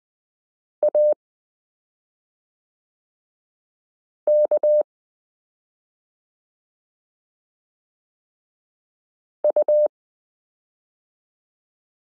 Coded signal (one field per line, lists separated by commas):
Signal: Morse code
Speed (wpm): 20 wpm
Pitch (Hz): 600 Hz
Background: none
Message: A K U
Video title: Morse Code Listening Lesson 8 - m k r s u a p t l